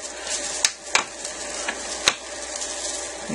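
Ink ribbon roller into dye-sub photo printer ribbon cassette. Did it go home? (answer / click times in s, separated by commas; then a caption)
yes / 0.7 s, 1.0 s, 2.1 s. Ink ribbon rollers, their end nipples facing right, are placed into the ribbon cassette holder of a Mitsubishi CP-K60DW dye-sub photo printer. Sharp clicks sound at 0.7, 1.0 and 2.1 seconds over a steady background hiss, with a fainter tap near 1.7 seconds. The rollers snap into place and are seated.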